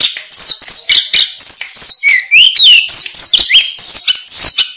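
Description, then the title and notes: Snowy-browed flycatcher singing a busy string of high, sliding whistles and sharp chips, notes rising and falling in quick succession. Master recording used for training cage birds. "Masteran Tledekan Gunung Sikatan Gunung. BURUNG TLEDEKAN"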